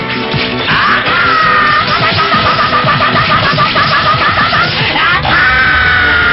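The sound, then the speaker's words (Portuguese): A fighter character lets out loud, high-pitched classic battle cries as he uses his signature finishing blow, over a dense flurry of punch impacts and whacks, the shrill yells rising and stretching out in a chaotic, nonstop burst. “E uma coisa que é muito marcante é o som que ele emite ao utilizar o golpe, que é bem aquele som clássico de lutador.”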